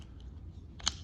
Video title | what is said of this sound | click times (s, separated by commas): CREEPY! New LEGACY United CHOP SHOP & BARRAGE I Transformers Series REVIEW I Ep. 26 | fold the legs in like so, and then click them together like we did before. | 0.8 s, 0.9 s